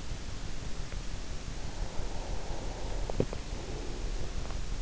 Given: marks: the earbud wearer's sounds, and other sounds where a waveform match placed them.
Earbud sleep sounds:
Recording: sounds in sleep by an in-ear microphone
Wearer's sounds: breath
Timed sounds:
1.87-4.76 s: breath

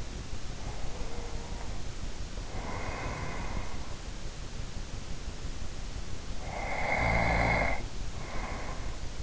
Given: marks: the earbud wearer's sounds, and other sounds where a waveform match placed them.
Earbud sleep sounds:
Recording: sounds in sleep by an in-ear microphone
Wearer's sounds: breath, snoring breath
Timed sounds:
0.69-4.06 s: breath
6.26-9.23 s: snoring breath

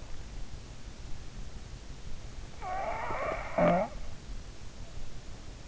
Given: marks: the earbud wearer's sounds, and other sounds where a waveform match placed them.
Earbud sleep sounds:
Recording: sounds in sleep by an in-ear microphone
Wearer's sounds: snoring breath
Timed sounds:
2.57-3.99 s: snoring breath

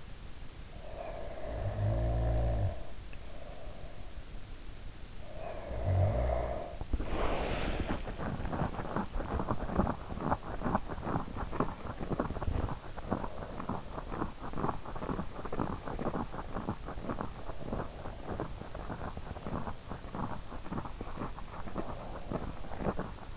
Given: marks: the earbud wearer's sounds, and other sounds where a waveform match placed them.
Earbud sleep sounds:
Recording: sounds in sleep by an in-ear microphone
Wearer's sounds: snoring breath, body movement, teeth grinding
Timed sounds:
0.79-4.34 s: snoring breath
5.08-6.93 s: snoring breath
6.93-8.17 s: body movement
8.17-12.97 s: teeth grinding
13.20-23.37 s: teeth grinding

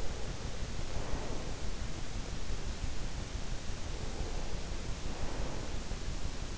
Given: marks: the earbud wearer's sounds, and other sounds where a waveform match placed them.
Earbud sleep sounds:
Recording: sounds in sleep by an in-ear microphone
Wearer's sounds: breath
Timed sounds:
0.11-1.94 s: breath
4.07-5.86 s: breath

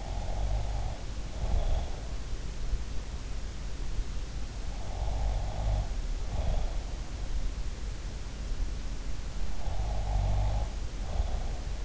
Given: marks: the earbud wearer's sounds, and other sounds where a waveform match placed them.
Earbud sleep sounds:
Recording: sounds in sleep by an in-ear microphone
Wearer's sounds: snoring breath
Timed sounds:
0.00-2.03 s: snoring breath
4.95-6.94 s: snoring breath
9.67-11.85 s: snoring breath

